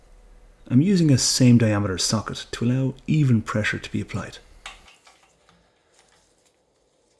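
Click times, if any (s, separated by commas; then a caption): 4.7 s. On a Volkswagen T2 air-cooled engine, a pushrod seal tube is hand-pressed into the engine cylinder head/case with a same-diameter socket to apply even pressure, while someone talks. A sharp click at 4.7 s marks the tube seating home, followed by a few faint ticks.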